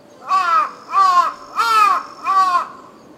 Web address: Lynne Music Amb Tokyo Japan Brid Crow Caws Insects